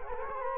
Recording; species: mosquito wingbeat signal from an infrared sensor; Culex quinquefasciatus